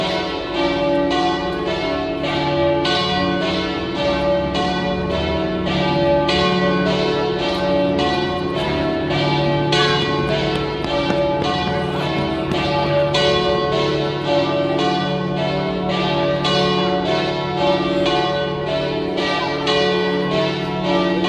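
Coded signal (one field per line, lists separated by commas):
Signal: bell signal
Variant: three bells, alla trevigiana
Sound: several large church bells swinging and ringing continuously in overlapping strikes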